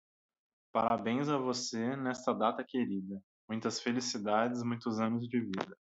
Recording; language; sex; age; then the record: short text; Brazilian Portuguese; male; 20 to 29 years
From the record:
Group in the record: control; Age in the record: 26 years